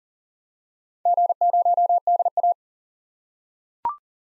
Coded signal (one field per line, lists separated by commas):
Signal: Morse code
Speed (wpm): 40 wpm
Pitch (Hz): 700 Hz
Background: none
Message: G0DA